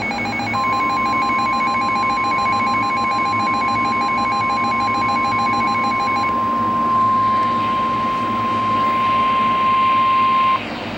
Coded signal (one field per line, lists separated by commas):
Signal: Emergency Alert System (SAME) tones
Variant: 1050 Hz attention tone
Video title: Severe Thunderstorm Warning (EAS #897) 7/13/15